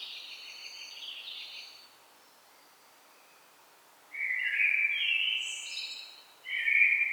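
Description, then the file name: Common blackbird phrase fading out, a long quiet gap, then a fresh mellow warble with a high twittering tail and another phrase starting. "Turdus merula"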